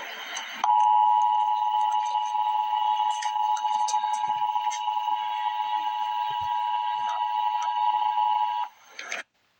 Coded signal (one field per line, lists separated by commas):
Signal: Emergency Alert System (SAME) tones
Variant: 853 and 960 Hz attention tone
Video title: Emergency Alert System - Flood Advisory - Jun 14, 2025 at 9:49 AM EDT